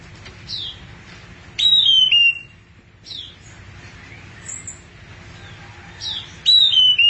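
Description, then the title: Thrush singing clear whistled phrases of falling, slurred notes, one near the start and another near the end, separated by quieter chirps and a steady low background hum. "burung anis x"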